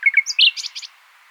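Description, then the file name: Common nightingale song phrase: quick sharp chirps and a loud bright note followed by a short buzzy trill, all within about one second. "Luscinia megarhynchos"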